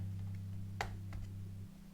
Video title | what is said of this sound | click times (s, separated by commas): acer chromebook teardown | you'll hear it pop | 0.8 s